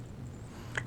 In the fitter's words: until it clicks into place